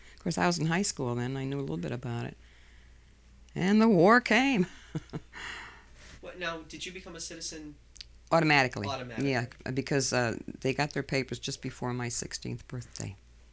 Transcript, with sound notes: Of course, I was in high school then, I knew a little bit about it. And the war came. ( she laughs )
Now, did you become a citizen...
Automatically.
Automatically.
Yeah, because they got their papers just before my sixteenth birthday.